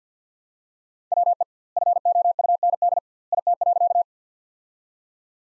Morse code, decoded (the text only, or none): WE FOUND IT.